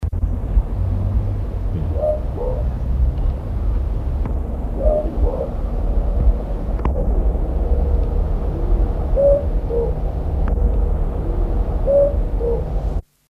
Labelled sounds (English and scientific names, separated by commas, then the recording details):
Morepork (Ninox novaeseelandiae) call
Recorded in captivity
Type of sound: call
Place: Vogelpark Bad Schwartau, Schleswig-Holstein, DE
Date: 1982-02-25
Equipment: Halbspur, 9,5 cm/s
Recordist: Lütgens, Hans
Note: Leiser Balzruf